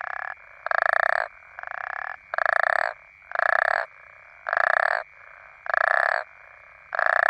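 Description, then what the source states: African common toad: rasping croaks from African common toads, loud and softer bursts following one another steadily, with a steady droning chorus behind. Several toads.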